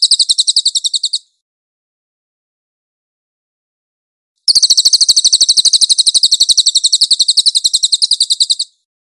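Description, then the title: Cililin song: a short burst of rapid high trilling, a pause of several seconds, then a longer four-second run of the same quick chattering notes. "SUARA BURUNG CILILIN"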